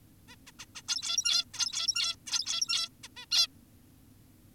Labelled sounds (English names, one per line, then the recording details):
Zebra Finch
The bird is an adult
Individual g17y2U